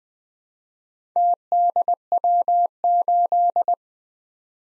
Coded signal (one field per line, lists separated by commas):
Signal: Morse code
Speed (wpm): 20 wpm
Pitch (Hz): 700 Hz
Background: none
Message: TDW8